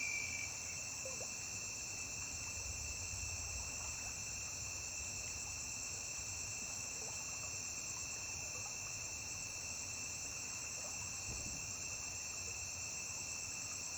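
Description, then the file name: Cricket chorus humming on unchanged, an even high-pitched trill of stacked tones over soft low background noise. Constant cricket chirping recorded on a riverbank. "Grilo constante na beira de rio"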